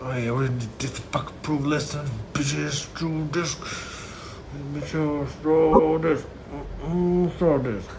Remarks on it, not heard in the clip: They put it next to your bed when you're sleeping. He's talking in his sleep too much. He's like mad in his sleep. He swears a lot too.